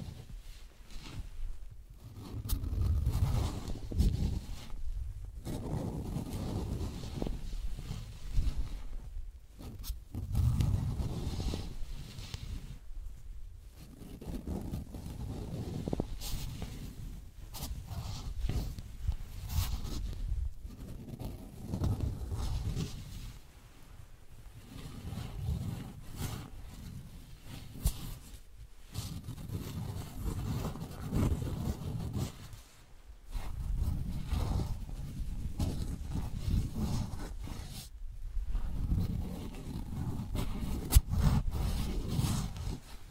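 Wooden balls roll and knock in repeated low, rumbling passes, each lasting a few seconds and separated by brief silences throughout.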